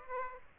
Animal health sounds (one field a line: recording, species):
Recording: mosquito wingbeat signal from an infrared sensor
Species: Aedes aegypti